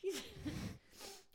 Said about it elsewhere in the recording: I tried to turn away and cover my mouth. We're loud sneezers over here.